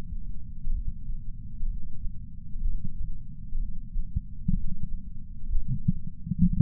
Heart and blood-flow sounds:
heart sounds by patch sensor on the chest; 63 bpm
0.71 s: heartbeat
1.66 s: heartbeat
2.60 s: heartbeat
3.58 s: heartbeat
4.54 s: heartbeat
5.48 s: heartbeat
6.47 s: heartbeat
From the record:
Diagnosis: coronary artery disease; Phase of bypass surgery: postoperative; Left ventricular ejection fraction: 68.2%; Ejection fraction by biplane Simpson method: 62.7%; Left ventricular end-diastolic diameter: 48 mm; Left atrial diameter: 40 mm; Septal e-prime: 8.6 cm/s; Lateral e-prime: 10.2 cm/s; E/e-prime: 10.9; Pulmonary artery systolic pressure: 38 mmHg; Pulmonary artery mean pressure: 18 mmHg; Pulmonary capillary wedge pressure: 11 mmHg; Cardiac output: 6.45 L/min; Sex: male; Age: 57 years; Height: 175 cm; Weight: 80 kg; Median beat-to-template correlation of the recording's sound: 0.76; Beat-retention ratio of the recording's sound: 0.99

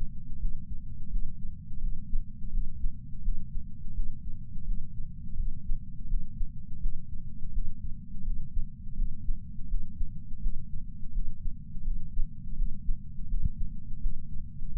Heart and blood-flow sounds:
heart sounds by patch sensor on the chest; 84 bpm
0.38 s: heartbeat
1.09 s: heartbeat
1.79 s: heartbeat
2.50 s: heartbeat
3.21 s: heartbeat
3.93 s: heartbeat
4.64 s: heartbeat
5.35 s: heartbeat
6.07 s: heartbeat
6.80 s: heartbeat
7.51 s: heartbeat
8.23 s: heartbeat
8.95 s: heartbeat
9.67 s: heartbeat
10.40 s: heartbeat
11.12 s: heartbeat
11.83 s: heartbeat
12.55 s: heartbeat
13.27 s: heartbeat
14.00 s: heartbeat
14.71 s: heartbeat
From the record:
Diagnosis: coronary artery disease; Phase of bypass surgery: postoperative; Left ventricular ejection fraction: 62.1%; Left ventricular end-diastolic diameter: 45 mm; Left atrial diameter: 35 mm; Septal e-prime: 9.8 cm/s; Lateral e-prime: 10.5 cm/s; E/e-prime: 7.1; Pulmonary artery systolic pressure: 25 mmHg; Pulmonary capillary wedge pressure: 8 mmHg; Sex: male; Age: 58 years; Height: 172 cm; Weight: 75 kg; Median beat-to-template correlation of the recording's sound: 0.93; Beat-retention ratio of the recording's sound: 0.99

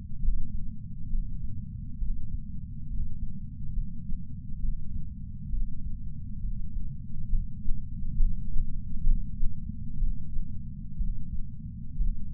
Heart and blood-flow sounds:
heart sounds by patch sensor on the chest; 66 bpm
0.21 s: heartbeat
1.11 s: heartbeat
1.99 s: heartbeat
2.88 s: heartbeat
3.74 s: heartbeat
4.61 s: heartbeat
5.50 s: heartbeat
6.41 s: heartbeat
7.30 s: heartbeat
8.18 s: heartbeat
9.05 s: heartbeat
10.00 s: heartbeat
10.98 s: heartbeat
11.98 s: heartbeat
From the record:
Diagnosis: coronary artery disease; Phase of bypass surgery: preoperative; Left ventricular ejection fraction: 43.1%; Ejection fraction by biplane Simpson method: 44.4%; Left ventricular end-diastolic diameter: 60 mm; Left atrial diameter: 37 mm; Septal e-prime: 5.3 cm/s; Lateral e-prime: 8.1 cm/s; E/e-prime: 7.6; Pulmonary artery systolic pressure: 20 mmHg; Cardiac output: 4.08 L/min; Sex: male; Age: 57 years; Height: 183 cm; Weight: 85 kg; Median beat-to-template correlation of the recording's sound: 0.82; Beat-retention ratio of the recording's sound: 0.97

